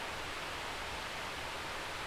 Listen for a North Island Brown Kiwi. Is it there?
no